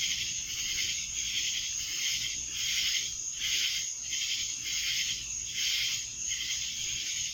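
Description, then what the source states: Cicadas in a dense, buzzing chorus, a high droning hiss that swells and fades in regular pulses a little under a second apart. Cicadas recorded in Annapolis in July 2012.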